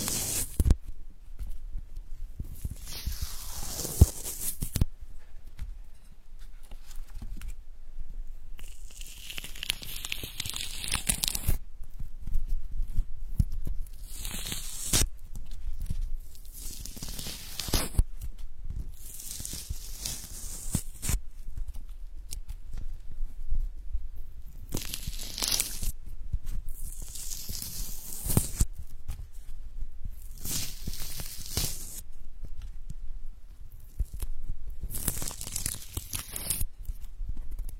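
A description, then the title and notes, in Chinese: An orange is being peeled. Bright tearing and crinkling bursts come in short strips, roughly every few seconds, separated by near-silent pauses with only faint low rumble and small handling sounds. 剥橘子。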